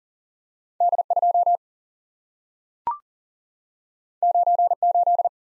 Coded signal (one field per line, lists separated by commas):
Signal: Morse code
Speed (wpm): 39 wpm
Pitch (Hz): 700 Hz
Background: none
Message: D 2 9 8